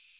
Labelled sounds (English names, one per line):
American Redstart flight call